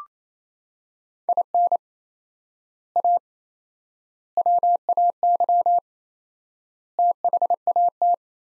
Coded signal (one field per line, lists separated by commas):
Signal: Morse code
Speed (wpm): 28 wpm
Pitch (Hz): 700 Hz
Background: none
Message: IN A WAY THAT